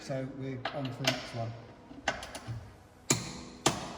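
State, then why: Torque reached. Someone talks while moving the same torque wrench and socket onto the next chassis bolt on a caravan and applying pressure. The wrench gives a sharp click at 3.1 s, followed by another short sharp sound, confirming the bolt is at the correct torque and done.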